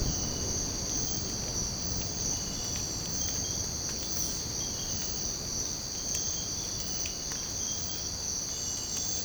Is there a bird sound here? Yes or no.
no